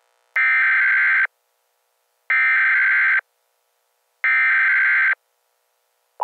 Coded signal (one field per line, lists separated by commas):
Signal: Emergency Alert System (SAME) tones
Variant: header bursts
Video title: EAS Scenario - Titan Kitty